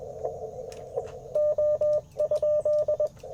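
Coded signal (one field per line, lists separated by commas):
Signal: Morse code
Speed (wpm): 21 wpm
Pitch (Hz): 600 Hz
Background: radio noise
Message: O?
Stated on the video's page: Sunrise Parks on the Air CW activation at a national forest, using an Icom IC-705 with a Modern Morse Nameless key and a coil-loaded whip antenna.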